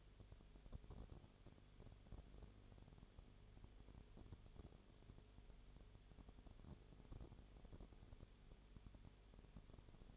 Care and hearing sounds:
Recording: daily activity, microphone in the room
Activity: no activity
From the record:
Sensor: 4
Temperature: 22.0 degrees Celsius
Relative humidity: 29.4%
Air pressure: 1002.1 hPa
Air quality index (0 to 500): 59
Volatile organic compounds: 1 ppm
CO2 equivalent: 609 ppm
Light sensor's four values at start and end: 2/3/1/1 and 2/3/1/1

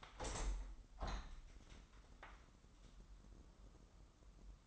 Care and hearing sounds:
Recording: daily activity, microphone in the room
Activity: open window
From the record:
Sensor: 3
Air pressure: 998.5 hPa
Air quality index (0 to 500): 144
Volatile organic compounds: 5 ppm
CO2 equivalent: 1734 ppm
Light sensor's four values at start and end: 9/23/9/10 and 10/23/9/10

